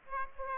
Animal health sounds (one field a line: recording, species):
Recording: mosquito wingbeat signal from an infrared sensor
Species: Aedes aegypti